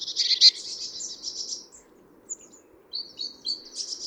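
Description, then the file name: Great tit churring in a dense buzzy rattle, followed after a short gap by thin whistled notes and more buzzy calling, with faint low hum. "Parus major"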